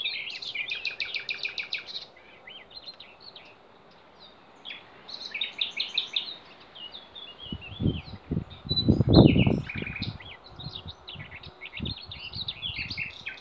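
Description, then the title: Songbirds singing: a fast repeated trill at the start, then a busy stream of varied high chirps and twitters, with low rumbling in the background. Songbirds singing in Demerje forest, 28 April 2020. "Snimke ptičjeg pjevanja u demerskoj šumi, 28.4.2020."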